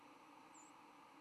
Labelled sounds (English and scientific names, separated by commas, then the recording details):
White-throated Sparrow (Zonotrichia albicollis) flight call
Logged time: 06:38 on 10 November 2014